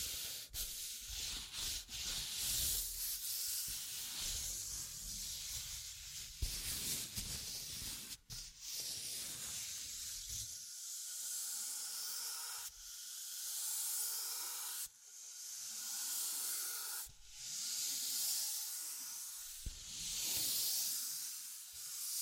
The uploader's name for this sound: Tapping, Scratching, Tracing and Panning